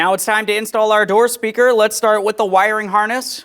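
A door speaker's plastic wiring harness connector is being readied to press onto the speaker terminal during installation on a 2007-2017 Jeep Patriot rear door. Someone talks throughout, and nothing has seated or clicked yet.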